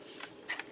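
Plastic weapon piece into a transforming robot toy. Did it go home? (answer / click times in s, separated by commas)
no / none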